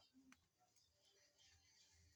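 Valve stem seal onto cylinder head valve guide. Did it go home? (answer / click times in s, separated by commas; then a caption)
yes / 0.3 s. A rubber valve stem seal for a motorcycle engine is lined up straight on the cylinder head valve guide and pressed down by hand. A sharp click is heard at 0.3 seconds as the seal seats fully, installed perfectly.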